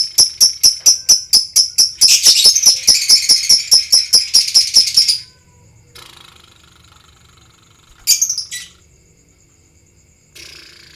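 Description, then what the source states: White-eye song, a rapid rolling run of high ringing notes for about five seconds, then near silence broken by a short high burst. Ngerol song style, delivered in ngalas or wild style.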